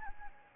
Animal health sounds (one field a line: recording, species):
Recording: mosquito wingbeat signal from an infrared sensor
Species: Anopheles gambiae